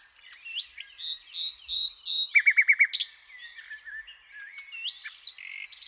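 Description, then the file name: Common nightingale song: soft varied whistles and slurred notes, a short burst of five rapid loud notes, then more warbling phrases. "Luscinia megarhynchos"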